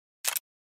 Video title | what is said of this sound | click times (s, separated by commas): Storchenmuhle Starlight SP - Guía Instalación Grupo 2/3 - SillaCocheBebe.com | make sure that it audibly snaps into place | 0.4 s